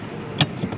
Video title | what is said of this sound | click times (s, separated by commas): Installation Video For 2024-2026 BMW i5 M60 | the holes pull the ring back and just push it till it clicks into place and there you go we're all done | 0.4 s